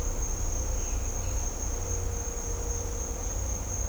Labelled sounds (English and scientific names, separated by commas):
none